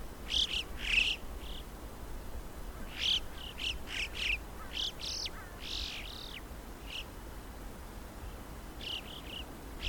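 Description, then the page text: Alpine chough calls, a scattered series of high arched whistled notes, thinning out toward the end, over a soft low hum. "Christian Brinkman - Альпийская галка (Pyrrhocorax graculus)"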